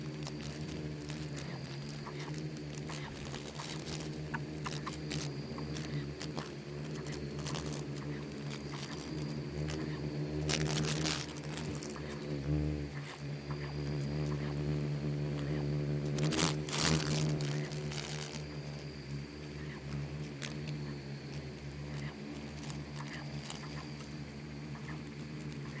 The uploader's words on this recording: Insects swarming in the Namib desert. Bugs and beetles swarming.